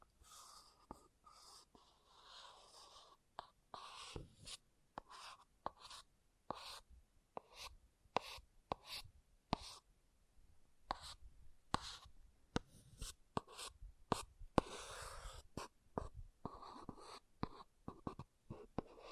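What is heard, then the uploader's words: Something scratches across an object in short, dry strokes, dozens of quick irregular bursts over a faint hiss, bunched together around fifteen seconds. ASMR Brain Melting Object Scratching (No Talking).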